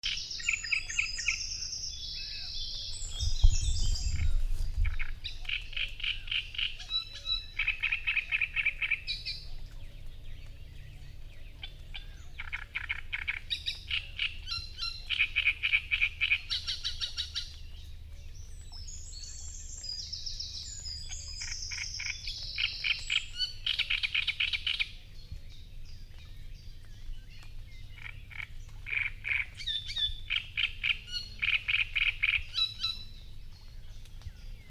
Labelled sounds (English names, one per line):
Great Reed Warbler song